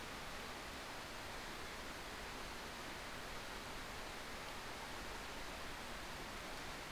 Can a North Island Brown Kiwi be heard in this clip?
no